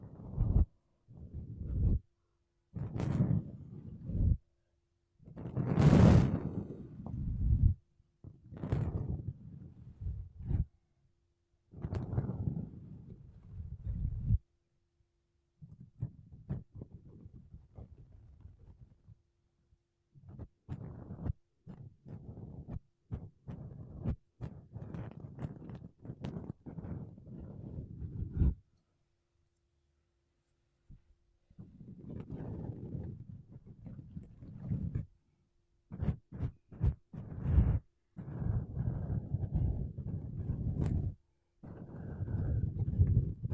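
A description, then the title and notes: Makeup brushes and a sponge rub across a microphone in short, soft strokes, mostly low and muffled with occasional brighter swishes. The strokes come in bursts separated by brief silences, with a denser run of brushing near the end. ASMR Mic Brushing Using Makeup Brushes and Sponge (No Talking).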